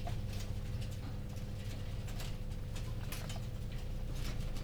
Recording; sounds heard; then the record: poultry house recording; no chicken sound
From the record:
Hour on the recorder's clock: 19